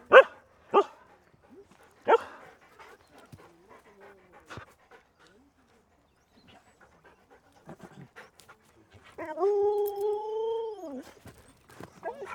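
Siberian Husky giving a few sharp barks near the start, then quiet shuffling, then one sustained, level howl lasting about two seconds before another short bark.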